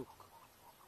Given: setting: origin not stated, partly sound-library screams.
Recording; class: one-second piece from a danger detection set; normal situation